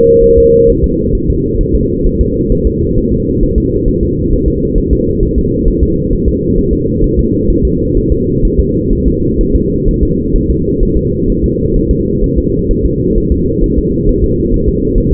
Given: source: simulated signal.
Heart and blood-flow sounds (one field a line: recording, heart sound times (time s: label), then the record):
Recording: fetal heart sounds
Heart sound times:
0.24 s: S1
0.38 s: S2
0.69 s: S1
0.84 s: S2
1.15 s: S1
1.30 s: S2
1.61 s: S1
1.75 s: S2
2.06 s: S1
2.21 s: S2
2.52 s: S1
2.67 s: S2
2.98 s: S1
3.13 s: S2
3.43 s: S1
3.58 s: S2
3.88 s: S1
4.03 s: S2
4.33 s: S1
4.48 s: S2
4.78 s: S1
4.93 s: S2
5.23 s: S1
5.38 s: S2
5.68 s: S1
5.83 s: S2
6.13 s: S1
6.28 s: S2
6.58 s: S1
6.73 s: S2
7.04 s: S1
7.19 s: S2
7.50 s: S1
7.65 s: S2
7.97 s: S1
8.12 s: S2
8.45 s: S1
8.60 s: S2
8.93 s: S1
9.07 s: S2
9.41 s: S1
9.56 s: S2
9.88 s: S1
10.03 s: S2
10.36 s: S1
10.50 s: S2
10.83 s: S1
10.97 s: S2
11.30 s: S1
11.44 s: S2
11.76 s: S1
11.91 s: S2
12.24 s: S1
12.38 s: S2
12.71 s: S1
12.86 s: S2
13.18 s: S1
13.32 s: S2
13.64 s: S1
13.78 s: S2
14.09 s: S1
14.24 s: S2
14.54 s: S1
14.68 s: S2
14.98 s: S1
15.13 s: S2
From the record:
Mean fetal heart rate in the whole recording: 130 bpm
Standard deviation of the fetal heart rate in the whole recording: 4 bpm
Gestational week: 38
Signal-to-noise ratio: -14.7 dB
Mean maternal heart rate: 72 bpm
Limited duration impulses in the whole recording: present